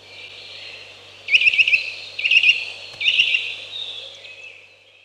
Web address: Ptaki Kowalik